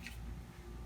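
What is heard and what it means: A 3D-printed emitter end is wiggled out of a printed prop lightsaber hilt to show it is removable. A single short tick is heard at 0.1 seconds as the emitter end pops out and is released, over a low, steady background rumble.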